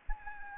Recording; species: mosquito wingbeat signal from an infrared sensor; Anopheles arabiensis